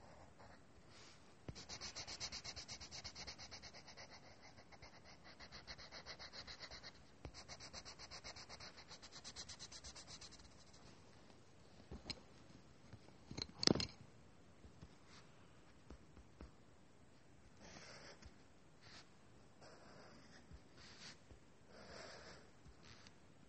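Drawing and writing sounds: soft, scratchy strokes of a pen or pencil rubbing across paper. A dense run of quick strokes fills the first ten seconds, then the marks turn sparser and shorter, with a sharp tap or knock near fourteen seconds.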